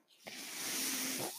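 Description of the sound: A soft, breathy hiss of rushing air swells over about a second and holds steady, then fades slightly. It is the sound of a mechanical ventilator delivering a breath, heard in the background.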